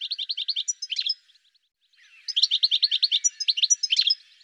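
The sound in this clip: Bird delivering quick, evenly spaced high chirps in two rapid bursts, the second longer.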